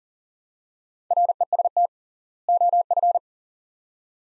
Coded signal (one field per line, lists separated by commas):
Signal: Morse code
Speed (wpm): 40 wpm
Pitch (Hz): 700 Hz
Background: none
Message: REST OF